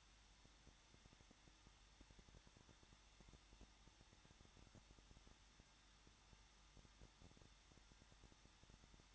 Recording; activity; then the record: daily activity, microphone in the room; no activity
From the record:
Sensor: 3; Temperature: 21.2 degrees Celsius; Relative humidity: 36.4%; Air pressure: 1006.4 hPa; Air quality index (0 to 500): 223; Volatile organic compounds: 43 ppm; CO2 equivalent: 3192 ppm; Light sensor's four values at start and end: 2/3/2/2 and 2/3/2/2